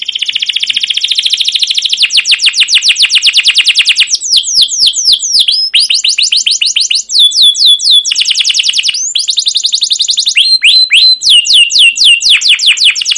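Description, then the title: Canary song made of extended rolling trills and rapid chirp series, alternating with clusters of falling whistled notes, sustained and loud throughout. Long, lively canary song used as a lure recording to train and tutor young caged canaries. "CUIT CUIT NGEROL LANGSUNG GACOR PANJANG Kenari Ini AMPUH Utk Pancingan KENAR"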